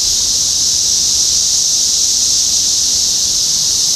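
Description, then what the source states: Cicadas in a dense chorus: a continuous, steady, high hissing buzz that holds an even level with no breaks. Recorded in Topeka, Kansas, on 14 June 2015.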